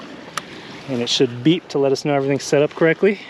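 A battery hatch latch on an electric hydrofoil (efoil) board is pushed in until it clicks home, giving a single sharp click at 0.4 s. After that, someone talks over a quiet outdoor background. The latch is seated.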